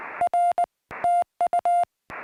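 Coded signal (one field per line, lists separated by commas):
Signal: Morse code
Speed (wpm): 22 wpm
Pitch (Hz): 660 Hz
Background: none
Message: R TU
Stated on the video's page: CW from Summits on the Air activations sent with portable paddles, including 14 MHz contacts across the 0000 UTC crossover.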